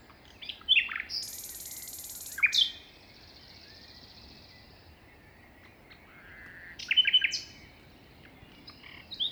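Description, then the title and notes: Common nightingale song with sparse whistled phrases, a high sustained note and short clicks separated by long pauses, wind in the background. Wild nightingale singing beside a path at 5:05 am, 21 May 2019, Plateau de Lesches en Diois, France; windy, the wind easing later; recorded in stereo on a Nagra Seven with MKH40 microphones. "Plateau de Lesches en diois. un rossignol en bord de chemin"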